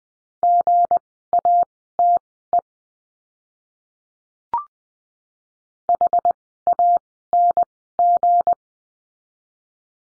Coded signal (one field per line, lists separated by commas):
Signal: Morse code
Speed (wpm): 20 wpm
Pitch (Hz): 700 Hz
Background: none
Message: GATE HANG